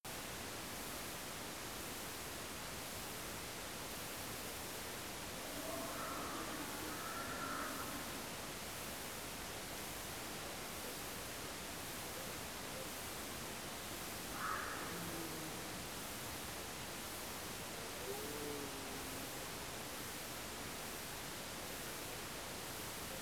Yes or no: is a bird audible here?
no